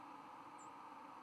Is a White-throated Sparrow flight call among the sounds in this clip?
no